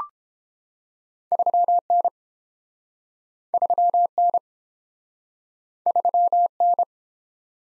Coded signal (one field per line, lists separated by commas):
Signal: Morse code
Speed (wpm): 30 wpm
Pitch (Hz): 700 Hz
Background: none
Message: 3N 3N 3N